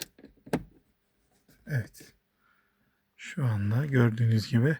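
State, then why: Seated. A repaired plastic switch assembly, the sunroof switch and ceiling lamp switch of a Scenic 2, is pressed into the car's roof console trim, with a few small knocks followed by a sharp snap at 0.5 s as it seats. It seats in place, though it felt as if something cracked slightly. Someone then talks.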